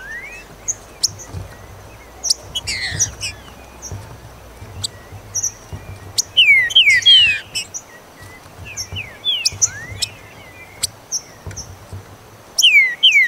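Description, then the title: Green-winged saltator singing bright downslurred whistled notes in short bursts, alongside rapid high chips and buzzy notes. "Trinca Ferro"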